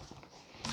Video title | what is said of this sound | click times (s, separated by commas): DIY internal Canister Filter 1 | And this lid snaps into place. | 0.7 s